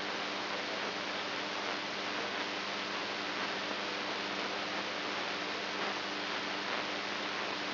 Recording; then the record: brain microelectrode recording played as sound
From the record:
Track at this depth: inside the subthalamic nucleus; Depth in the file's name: 4.116 mm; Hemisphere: right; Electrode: 2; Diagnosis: Parkinson's disease